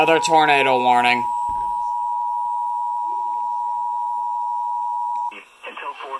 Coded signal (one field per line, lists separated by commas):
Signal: Emergency Alert System (SAME) tones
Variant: 853 and 960 Hz attention tone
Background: speech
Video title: EAS 1333 TOR-C NWS Birmingham?